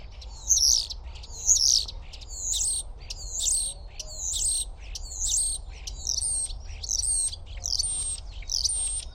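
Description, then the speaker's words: Common starling song, a series of high whistled phrases and rattling clicks repeated about once a second, over a faint low rumble. Song recorded very close near a nest box in spring, early March, in a park in Gdańsk; various imitations can be picked out. "Więc posłuchajcie szpaka na wiosnę, jak śpiewa."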